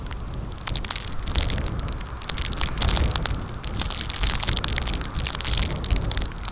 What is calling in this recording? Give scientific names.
none